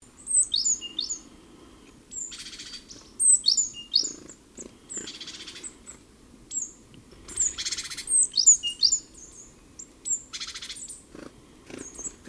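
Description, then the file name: Great tit scolding: bursts of descending high chirps alternating with harsh buzzy churrs, roughly every few seconds. "Parus major"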